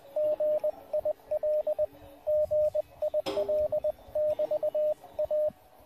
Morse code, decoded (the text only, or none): GIL GIL <BT> A